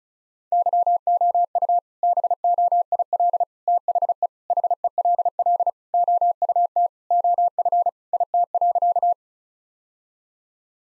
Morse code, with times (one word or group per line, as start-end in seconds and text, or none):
0.5-1.8 YOU
2.0-3.4 BOIL
3.7-4.3 THE
4.5-5.7 HELL
5.9-6.9 OUT
7.1-7.9 OF
8.1-9.1 IT.